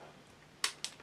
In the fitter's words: can hear that snap thread